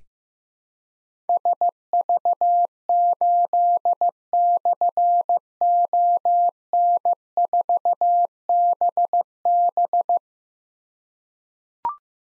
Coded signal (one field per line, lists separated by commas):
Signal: Morse code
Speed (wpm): 15 wpm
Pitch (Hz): 700 Hz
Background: none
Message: SV8/ON4BB